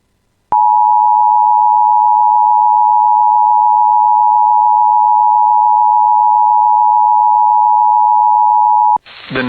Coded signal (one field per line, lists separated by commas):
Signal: Emergency Alert System (SAME) tones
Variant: 853 and 960 Hz attention tone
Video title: [EAS] Tornado Warning (PDS; Observed TOR On the Ground) For Detroit Lakes (7/6/26)